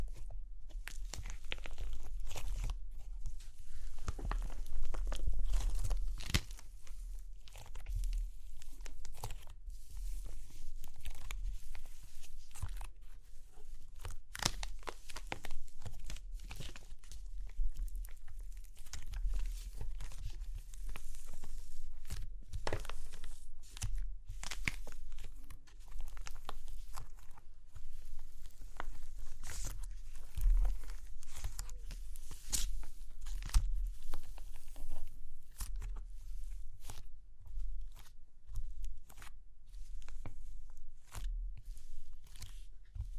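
Crunchy clay cracks and crumbles with a dense, continuous run of sharp snaps and crinkling over 43 seconds. Brief bright cracks fire irregularly, several per second, with slightly louder bursts near 5, 23, 30 and 33 seconds, over a steady low rumble.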